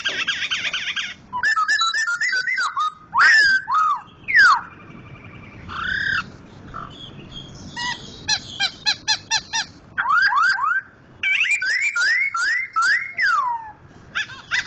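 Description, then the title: Laughingthrush song: loud, varied whistled phrases with rising and falling slurs, sharp chips and rapid bursts, separated by brief pauses. Loud-singing Sumatran crested bird named Gathutkaca, described as a national champion and a continuous, vigorous singer. "Poksay Jambul Sumatra Suara Keras Juara Nasional. Poksay Hongkong gacor mantab (Gathutkaca)"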